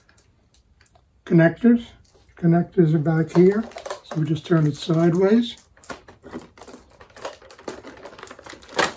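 A replacement lower hose for a Shark Rotator upright vacuum, with its connectors at the back, is turned sideways and handled against the vacuum body while someone talks. After the talking, light taps and rustling handling sounds follow from about 5.9 s to the end. The connector has not seated or clicked into place yet.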